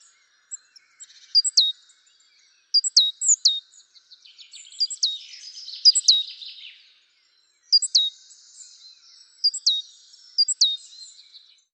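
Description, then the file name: Great tit giving high, sharp chirps with quick downward strokes in repeated clusters; a soft buzzy rustle is heard in the middle. "Parus major"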